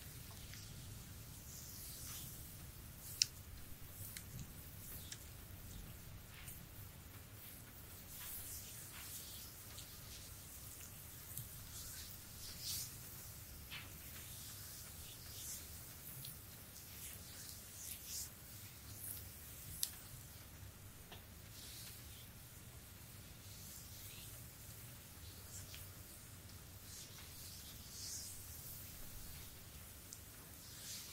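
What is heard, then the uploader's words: A back massage with lotion: steady soft rubbing and slick swishes over a low hum, with two sharp clicks near 3 and 20 seconds. ASMR Relaxing Sport Back Massage with lotion by Anna.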